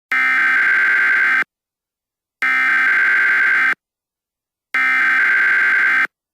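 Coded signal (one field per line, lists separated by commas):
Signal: Emergency Alert System (SAME) tones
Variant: header bursts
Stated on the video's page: Fictional mock tornado emergency using valid EAS tones, not a real alert.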